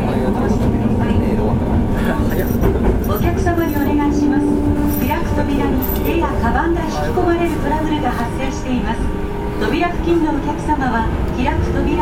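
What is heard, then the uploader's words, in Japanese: Running sound of an Osaka Municipal Transportation Bureau 30000 series train: a dense, steady low rumble fills all twelve seconds. Drawn-out tones rise and fall through the middle of the clip, and voices can be heard mixed in throughout. 大阪市交 30000系 新大阪からなんばまで。大阪市交通局の30000系電車の走行音です。御堂筋線にて収録しました。区間は、新大阪からなんばまでです。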